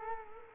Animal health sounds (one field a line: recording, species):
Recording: mosquito wingbeat signal from an infrared sensor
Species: Culex quinquefasciatus